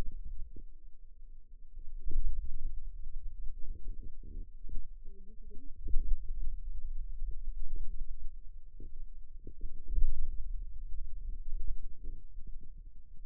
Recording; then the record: forearm muscle sounds (acoustic myography)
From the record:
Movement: pen grasping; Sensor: system 2, bracelet of six BSWA MPA416 microphones around the upper forearm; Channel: 1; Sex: female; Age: 21 years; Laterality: right